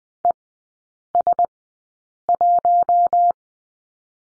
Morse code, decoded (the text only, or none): ES1